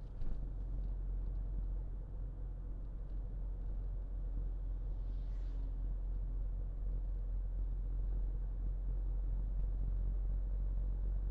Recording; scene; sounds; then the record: everyday scene through a hearing-aid microphone; in a vehicle; engine, highway driving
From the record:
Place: Berlingo II, diesel engine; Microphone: in the ear canal, left